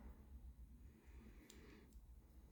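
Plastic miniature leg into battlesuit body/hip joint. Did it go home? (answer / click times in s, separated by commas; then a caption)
no / none. A plastic miniature's leg part is handled and pushed toward the battlesuit body's hip joint over a steady low background rumble, with a brief faint tick at about 1.5 s. The clip ends before the leg goes home, so nothing has seated or clicked yet.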